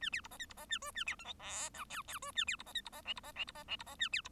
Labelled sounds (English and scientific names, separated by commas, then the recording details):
Bengalese Finch (Lonchura striata domestica) song
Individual Bird1